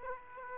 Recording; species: mosquito wingbeat signal from an infrared sensor; Aedes aegypti